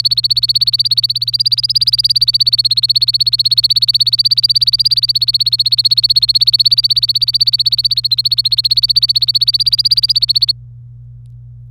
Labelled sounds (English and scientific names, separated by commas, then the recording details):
Domestic Canary (Serinus canaria) song
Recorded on 25 April 2018 at 13:56
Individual llb3